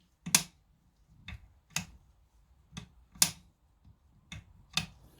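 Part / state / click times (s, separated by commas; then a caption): safety lever detent in a bolt-action rifle body / seated / 0.3 s, 1.8 s, 3.2 s, 4.8 s. The safety lever on a Lee Enfield SMLE bolt-action rifle is flicked between positions after the safety assembly has been refitted to the rifle's rear body and the assembly screw tightened down. Sharp, bright detent clicks sound at 0.4, 1.8, 3.2 and 4.8 seconds, with fainter clicks in between. Each movement gives a positive click as the safety catch detent seats into position.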